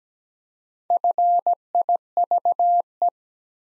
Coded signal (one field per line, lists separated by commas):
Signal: Morse code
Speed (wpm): 17 wpm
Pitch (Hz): 700 Hz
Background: none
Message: FIVE